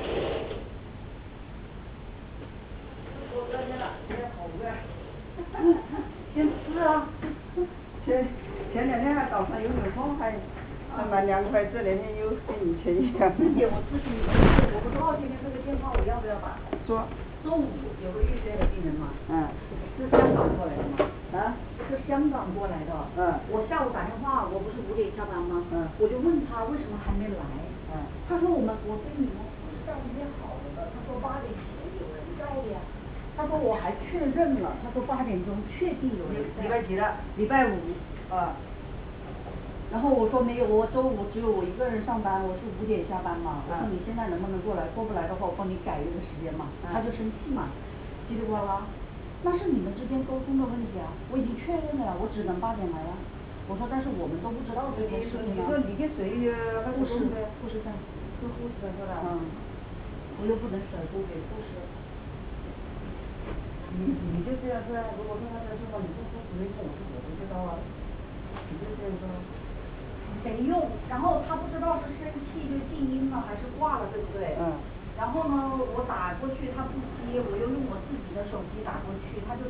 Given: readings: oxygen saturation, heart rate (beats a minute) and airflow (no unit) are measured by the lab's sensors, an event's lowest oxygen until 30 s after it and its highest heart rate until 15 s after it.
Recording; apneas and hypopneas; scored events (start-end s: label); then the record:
a person awake in a sleep study, by a voice recorder at the bedside; none
0.00-79.69 s: awake
From the record:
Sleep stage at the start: awake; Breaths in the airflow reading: 26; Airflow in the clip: -0.9 to 1.4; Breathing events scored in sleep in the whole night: 449 in 7.0 hours asleep